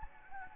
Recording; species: mosquito wingbeat signal from an infrared sensor; Anopheles gambiae